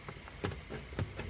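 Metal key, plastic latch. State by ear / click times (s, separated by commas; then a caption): seated / 0.5 s, 1.0 s. A flat metal removal key is pushed into the release slot of the factory MIB2 head unit on a 2017 VW Golf, with the flat side of the key facing out. After a couple of faint taps, the key's latch clicks in at 0.5 s and again at 1.0 s, and the key is seated.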